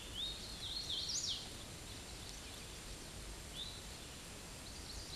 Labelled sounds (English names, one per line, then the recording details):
Hooded Warbler song
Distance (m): 40 m
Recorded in a Pennsylvania forest on 18 May 2023 at 09:34
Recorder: AudioMoth, point grid1_34_low
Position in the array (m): 191 m, 81 m